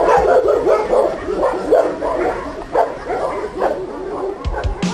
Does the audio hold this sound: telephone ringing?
no